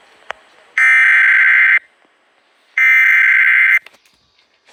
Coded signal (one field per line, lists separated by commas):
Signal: Emergency Alert System (SAME) tones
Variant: header bursts